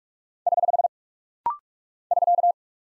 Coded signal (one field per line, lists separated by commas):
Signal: Morse code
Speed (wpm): 44 wpm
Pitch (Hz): 700 Hz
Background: none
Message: <HH> <SK>